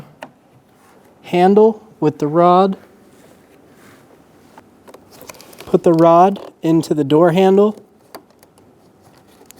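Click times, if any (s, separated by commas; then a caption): 9.5 s. On a 2003-2008 Honda Pilot rear interior door handle, the metal linkage rod is put into the handle and a white plastic retaining clip is closed around it while someone talks. Light handling ticks come around 4.6–5.5 s and 8.2–8.6 s. A sharp click at 9.5 s marks the clip snapping closed and seated on the rod.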